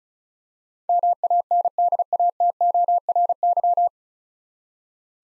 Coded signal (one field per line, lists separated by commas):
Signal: Morse code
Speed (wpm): 34 wpm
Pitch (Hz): 700 Hz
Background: none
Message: MANDATORY